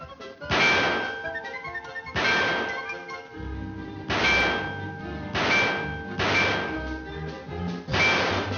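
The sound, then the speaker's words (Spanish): Shooting gallery shots at an amusement center, about seven sharp bursts at uneven intervals, each striking a target with a bright metallic ding that rings briefly, over a low steady rumble. “10 disparos por 25 centavos. ¿Qué tan buena es tu puntería?”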